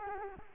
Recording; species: mosquito wingbeat signal from an infrared sensor; Culex quinquefasciatus